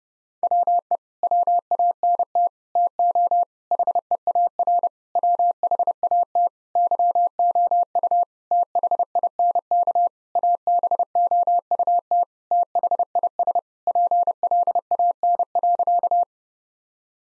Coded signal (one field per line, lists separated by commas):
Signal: Morse code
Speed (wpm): 32 wpm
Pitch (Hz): 700 Hz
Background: none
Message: WE WANT TO HEAR WHAT YOU THINK ABOUT THIS PLAN.